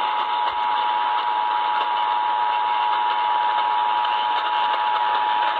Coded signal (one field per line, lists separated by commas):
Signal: Emergency Alert System (SAME) tones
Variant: 853 and 960 Hz attention tone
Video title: More DXing... EAS Alerts from 4/8/20 (EAS 2379-2394)